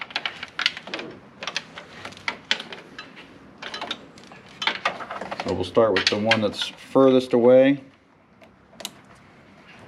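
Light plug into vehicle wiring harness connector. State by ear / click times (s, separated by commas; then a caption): seated / 8.8 s. Someone talks over light plastic rattling and handling clicks while a Raptor light's plastic wiring connector is plugged into the vehicle's harness connector behind the grille of a Toyota 4Runner. The connector clicks in at about 8.9 s and seats, followed by quiet.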